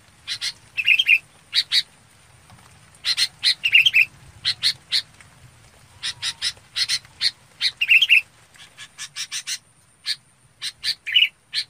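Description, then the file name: Red-whiskered bulbul calling steadily: clustered buzzy chips mixed with several brief rolling whistles throughout. Calling to its flock. "Tieng chao mao bong goi bay"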